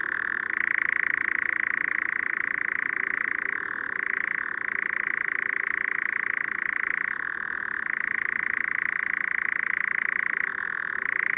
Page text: Tomas Belka - Обыкновенный козодой (Caprimulgus europaeus)